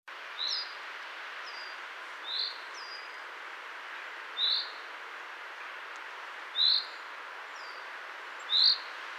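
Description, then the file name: Common chaffinch calls: short bright chirps repeated about every two seconds, with fainter higher slurred notes between them, over steady background hiss. "Fringilla coelebs"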